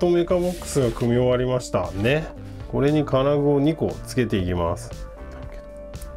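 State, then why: Seated. Someone talks over background music while fitting one of two metal fittings onto the finished plastic mechbox of a Marushin Magnum Shooter toy BB gun assembly kit, driven by a Mini 4WD motor. The fitting snaps into place with a short, sharp click at 6.0 seconds.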